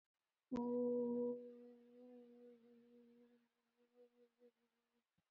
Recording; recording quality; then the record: sustained vowel as in boot; excellent, no background noise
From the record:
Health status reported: COVID-19 positive, moderate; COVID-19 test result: positive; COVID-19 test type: RT-PCR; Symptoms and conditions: cough, sore throat, fever, muscle pain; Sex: female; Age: 30 years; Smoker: no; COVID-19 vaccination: both doses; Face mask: worn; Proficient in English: yes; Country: India